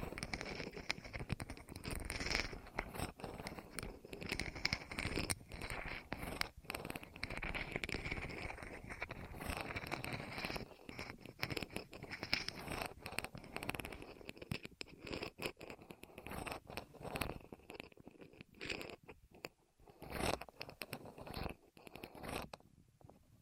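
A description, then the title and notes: Dense rolling and scraping, a steady textured rumble with quick crackly strokes throughout. After about fifteen seconds it grows patchier, breaking into short bursts with brief near-silent gaps toward the end. ASMR Rolling On Your Ears (No Talking).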